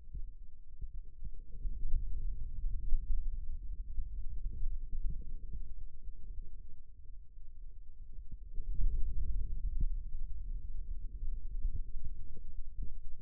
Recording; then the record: forearm muscle sounds (acoustic myography)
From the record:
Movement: radial deviation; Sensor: system 2, bracelet of six BSWA MPA416 microphones around the upper forearm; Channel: 2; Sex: male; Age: 22 years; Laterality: right